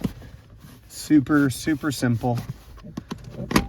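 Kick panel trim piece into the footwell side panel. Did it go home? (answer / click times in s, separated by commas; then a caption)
yes / 3.5 s, 3.6 s. A plastic kick panel trim piece on a 1996–2002 Toyota 4Runner (3rd gen) is slid into place on the footwell side panel and pushed home while someone talks. A few light taps sound near 2.8–3.2 s, then the trim clip snaps in at 3.5 s and 3.6 s, and the panel is seated and secure.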